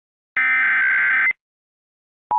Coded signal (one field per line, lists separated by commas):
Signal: Emergency Alert System (SAME) tones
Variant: header bursts